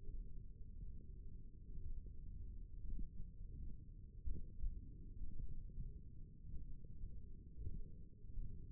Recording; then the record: forearm muscle sounds (acoustic myography)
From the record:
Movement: tripod grip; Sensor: system 1, eight BSWA MPA416 microphones around the upper forearm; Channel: 1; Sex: female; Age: 21 years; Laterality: right